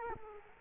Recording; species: mosquito wingbeat signal from an infrared sensor; Culex quinquefasciatus